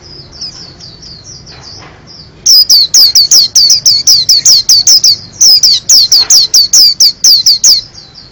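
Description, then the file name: White-eye song opening with soft twittering high notes, then a vigorous, sustained string of loud, slurred, downward chirps with one brief pause midway. Singing vigorously (gacor); a tutor recording (masteran) for cage birds. "pleci kacamata gacor"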